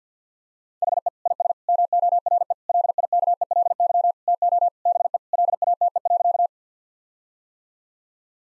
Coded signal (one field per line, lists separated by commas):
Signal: Morse code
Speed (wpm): 50 wpm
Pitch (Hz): 700 Hz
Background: none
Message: HE IS MORE LIKELY TO BE LATE.